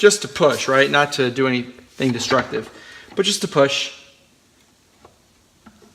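An oiled snap-in coolant line fitting is being pushed into the coolant port of an N54 turbocharger with the back of a hammer while someone talks for about four seconds. The talking gives way to near silence with two faint, brief ticks around 5.1 and 5.7 seconds. Nothing has seated or clicked yet.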